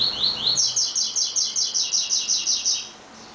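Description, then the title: Double-collared seedeater delivering a bright, quick run of repeated high slurred notes that stops near the end. "Canto Coleiro"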